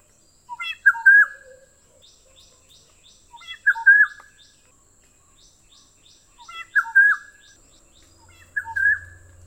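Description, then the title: Black-naped oriole gives a short fluty whistled phrase, repeated about every three seconds, with faint high ticking notes between phrases. "kepodang"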